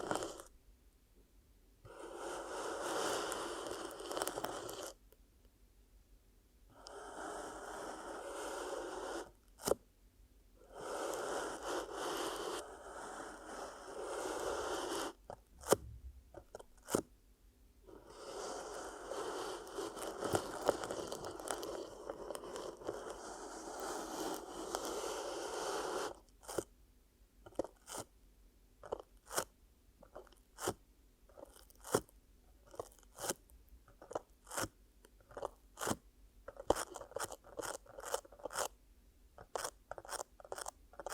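ASMR ear cupping triggers: muffled, rustling crunches come in dense bursts of a few seconds each, from the start to about 26 seconds, with brief pauses between. After that the sound turns to sparse, sharp taps and clicks scattered irregularly until the end.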